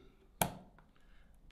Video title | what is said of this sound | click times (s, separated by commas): How to Assemble Your Own PC - motazee | the other side here and you're gonna hear a click that | 0.4 s